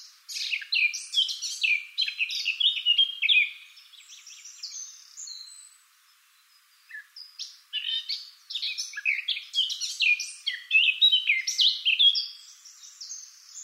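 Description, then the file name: Eurasian blackcap song in two long bursts of busy, scratchy warbling, separated by a few seconds of quieter notes and a brief pause. "Sylvia atricapilla"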